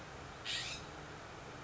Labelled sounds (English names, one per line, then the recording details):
California Scrub-Jay
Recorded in Sonoma County, California